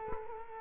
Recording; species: mosquito wingbeat signal from an infrared sensor; Culex quinquefasciatus